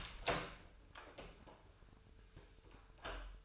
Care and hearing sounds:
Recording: daily activity, microphone in the room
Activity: open door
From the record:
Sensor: 2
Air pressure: 996.0 hPa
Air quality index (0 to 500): 58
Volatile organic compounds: 2 ppm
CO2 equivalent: 1253 ppm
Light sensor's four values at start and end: 11/26/11/12 and 11/27/11/12

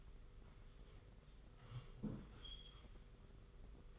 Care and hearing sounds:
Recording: daily activity, microphone in the room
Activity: sit down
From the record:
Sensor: 4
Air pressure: 991.3 hPa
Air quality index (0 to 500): 137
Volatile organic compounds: 56 ppm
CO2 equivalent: 3366 ppm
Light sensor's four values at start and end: 24/78/29/30 and 24/78/29/30

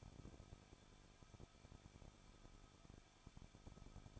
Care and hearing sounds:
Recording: daily activity, microphone in the room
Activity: no activity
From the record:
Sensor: 5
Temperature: 20.8 degrees Celsius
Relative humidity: 38.6%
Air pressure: 1006.5 hPa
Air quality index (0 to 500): 191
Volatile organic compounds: 20 ppm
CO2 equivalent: 2704 ppm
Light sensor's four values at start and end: 2/3/1/1 and 2/3/1/1

